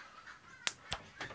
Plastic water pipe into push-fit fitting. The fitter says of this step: and you kind of hear a click and then once it's fully pushed in